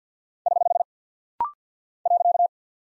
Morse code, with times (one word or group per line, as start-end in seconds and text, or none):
0.5-0.8 <HH>
2.1-2.5 .